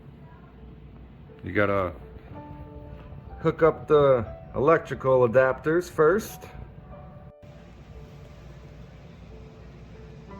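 On a kids' Lamborghini Urus ride-on car, the electrical adapter plugs for the plastic toy steering wheel are hooked up and the wheel is lined up over its shaft on the steering column, with someone talking over music that plays throughout. The wheel has not snapped on yet, and no click is heard.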